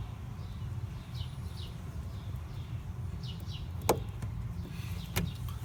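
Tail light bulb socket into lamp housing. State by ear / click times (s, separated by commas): not seated / none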